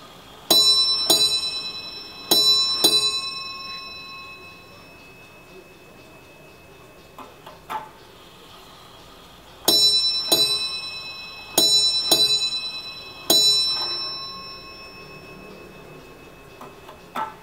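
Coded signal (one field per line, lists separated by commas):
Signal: ship's bell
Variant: ship's bell clock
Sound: ringing bell strikes in pairs: four strikes, a pause, then five strikes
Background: quiet room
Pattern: 2-2-1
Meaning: Strikes in pairs mark the half-hours of the watch; five strikes is five bells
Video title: SCHATZ TOP Clock Germany Royal Mariner Ships BELL Nautical Chime Bell Wall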